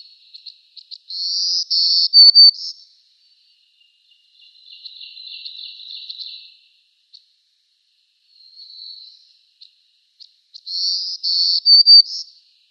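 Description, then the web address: Black-throated Green Warbler singing two full high buzzy phrases ending in clear accented notes, with softer buzzy phrases and scattered ticks between them. "Schulze Peter Black-throated Green Warbler song"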